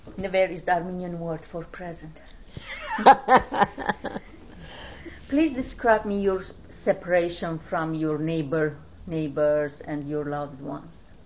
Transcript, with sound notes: is the Armenian word for present. ( they laugh ) Please describe me your separation from your neighbors and your loved ones.